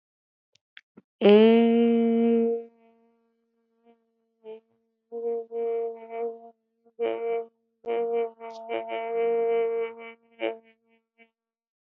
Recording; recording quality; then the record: sustained vowel as in made; excellent, no background noise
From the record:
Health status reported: healthy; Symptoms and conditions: none ticked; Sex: female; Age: 25 years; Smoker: not ticked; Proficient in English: yes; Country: India